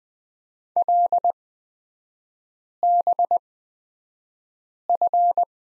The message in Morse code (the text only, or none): LBF